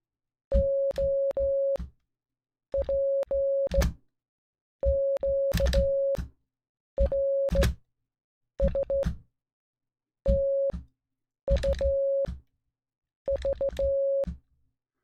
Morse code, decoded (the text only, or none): OPQRSTUV